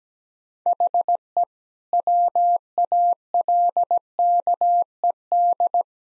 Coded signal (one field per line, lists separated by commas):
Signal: Morse code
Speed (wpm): 17 wpm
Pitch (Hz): 700 Hz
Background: none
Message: HE WALKED